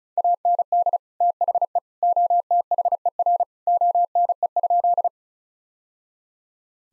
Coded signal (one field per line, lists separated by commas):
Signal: Morse code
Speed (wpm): 36 wpm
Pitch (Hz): 700 Hz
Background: none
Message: AND THE OTHER ONE?